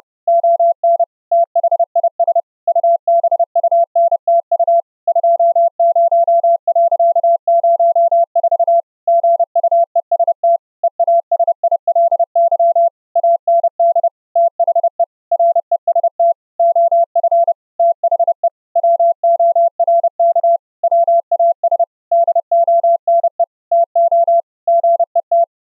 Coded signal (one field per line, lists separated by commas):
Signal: Morse code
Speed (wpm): 30 wpm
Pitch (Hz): 680 Hz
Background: none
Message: ON THIS UBUNTU 20.04 GUEST EASILY AND THE REST OF THE WORK WAS DONE TO GET